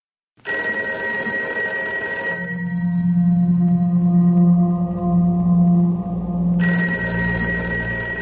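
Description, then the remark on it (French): A telephone bell rings at 3 a.m. at the Ministry of the Armed Forces in Paris, a steady, unbroken tone for several seconds, bright and metallic at the start and end, with a lower humming drone swelling through the middle. No voices. “À 3h du matin, à Paris, le téléphone sonne au ministère des Armées.”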